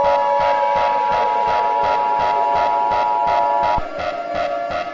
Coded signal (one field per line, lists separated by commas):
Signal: Emergency Alert System (SAME) tones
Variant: 853 and 960 Hz attention tone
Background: music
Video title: EAS Scenario - July 4th Surprise